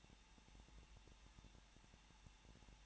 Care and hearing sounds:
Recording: daily activity, microphone in the room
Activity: no activity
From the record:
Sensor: 1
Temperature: 20.1 degrees Celsius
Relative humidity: 39.3%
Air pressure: 1006.4 hPa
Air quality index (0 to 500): 218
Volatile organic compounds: 79 ppm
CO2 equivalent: 3603 ppm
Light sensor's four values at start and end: 1/2/1/1 and 1/2/1/1

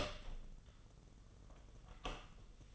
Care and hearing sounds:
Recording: daily activity, microphone in the room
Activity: open door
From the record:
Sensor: 4

